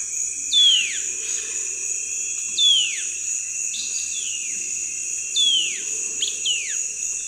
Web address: Natures Songs S America Eastern Lowlands. Hylophylax punctulatus, calls 2 birds